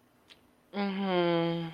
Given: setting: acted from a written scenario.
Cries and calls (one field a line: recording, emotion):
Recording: vocal sound without words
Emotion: sympathy